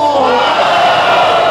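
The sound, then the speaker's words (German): A group of men at a festive celebration in a house in Berlin raise a loud, overlapping shout of a toast, their voices blending into a dense, boisterous cheer that holds steady for a moment. “Männer prosten sich zu.”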